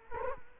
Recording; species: mosquito wingbeat signal from an infrared sensor; Culex quinquefasciatus